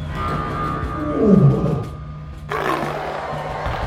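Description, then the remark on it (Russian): A deep, rumbling big-cat roar from a black panther and two lions running into an ancient Roman arena swells and falls in pitch over a low steady hum, then a broad wash of noise like a stirring crowd rises and continues to the end. “На арену выбегают черная, как уголь, пантера, два льва и несколько огромных волков.”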